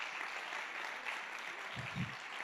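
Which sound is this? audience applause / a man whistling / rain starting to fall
audience applause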